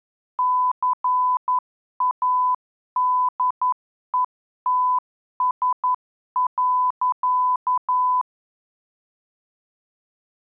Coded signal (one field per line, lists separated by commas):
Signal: Morse code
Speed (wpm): 11 wpm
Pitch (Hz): 1000 Hz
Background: none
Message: CADETS.